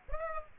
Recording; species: mosquito wingbeat signal from an infrared sensor; Aedes aegypti